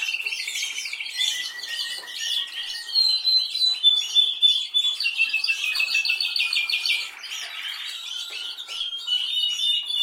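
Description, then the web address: Canary song, a long run of rapid high trills and chattering phrases that shift in pitch, with a lower whistled note near the end. "Golchin Best Canari Seda Canari. Niyaz Music)"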